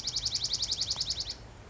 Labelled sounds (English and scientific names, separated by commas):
Dark-eyed Junco (Junco hyemalis)